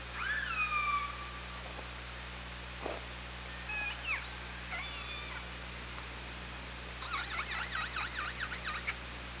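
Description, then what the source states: Killer whale sounds: an upswept harmonic call at the start, scattered short squeaks and clicks, then a rapid buzzy run of pulsed, wavering notes near the end. Killer whales recorded on the OrcaLab hydrophone, 24 August 2017, 17:23.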